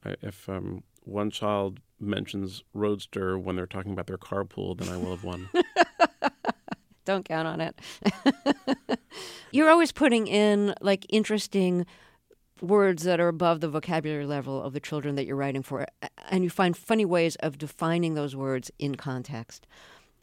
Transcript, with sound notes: If one child mentions roadster when they're talking about their carpool, then I will have won.
(LAUGHTER)
Don't count on it.
(LAUGHTER)
You're always putting in, like, interesting words that are above the vocabulary level of the children that you're writing for, and you find funny words, funny ways of defining those words in context.